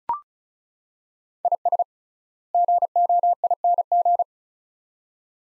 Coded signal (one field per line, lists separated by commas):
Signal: Morse code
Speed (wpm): 36 wpm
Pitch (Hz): 700 Hz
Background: none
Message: IS GOING